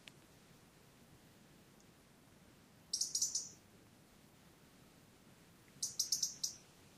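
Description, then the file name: European robin calls: two quick runs of four or five high, sharp ticking notes about three seconds apart, with faint background hiss otherwise. "Erithacus rubecula"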